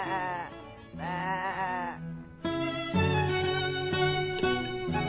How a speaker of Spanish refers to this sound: La oveja.